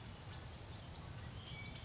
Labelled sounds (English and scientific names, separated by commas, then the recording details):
Orange-crowned Warbler (Leiothlypis celata)
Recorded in Sonoma County, California